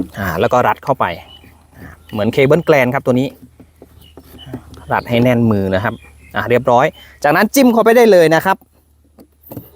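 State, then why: Seated. A water hose quick connector is pushed into the port of a NAKITA 21 V battery water pump after its gland-style nut is hand-tightened on the hose. Someone talks through most of the clip, with a few small handling ticks around 3.8–4.7 s. A short sharp click at 9.2 s marks the connector seating.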